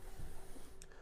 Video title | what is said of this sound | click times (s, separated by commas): America's Virtual RV SHOW [LIVE STREAM] July 30th 2022 9AM-5PM EDT - New RVs! | shower curtain slides across and locks into place | 0.8 s